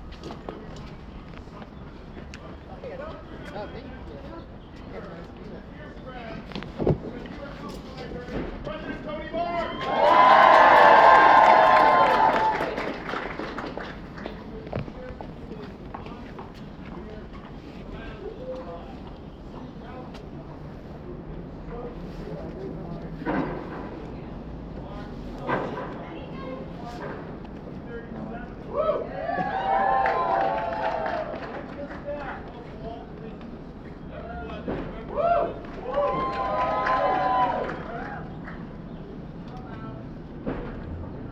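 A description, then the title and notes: Crowd murmur from a city protest, with a loud burst of shouting or a cheer near ten seconds, and more raised voices around thirty and thirty-six. NYC City Hall protest. Protesting budget cuts at city hall.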